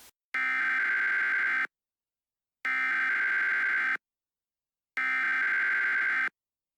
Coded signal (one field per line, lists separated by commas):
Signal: Emergency Alert System (SAME) tones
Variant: header bursts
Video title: EAS Scenario: Lost in Silence